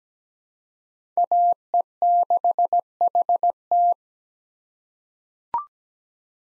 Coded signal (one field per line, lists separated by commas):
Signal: Morse code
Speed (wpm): 17 wpm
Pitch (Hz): 700 Hz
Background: none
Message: AE6HT